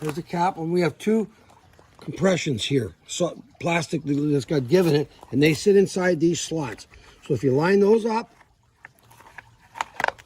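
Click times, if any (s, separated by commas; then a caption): 9.8 s, 10.0 s. A plastic spool cap is lined up with its two tabs over the slots of a string trimmer head housing and pushed down while someone talks. After the talk stops, faint handling ticks are followed by two sharp clicks at 9.8 s and 10.0 s as both tabs snap into place, and the cap is seated.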